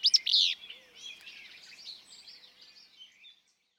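Willow flycatcher opening with one loud, burry, sneezing phrase, followed by fading high twitters from other birds.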